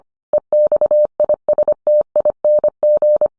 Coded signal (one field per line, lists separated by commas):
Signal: Morse code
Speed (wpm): 25 wpm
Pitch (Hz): 600 Hz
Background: none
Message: EXISTING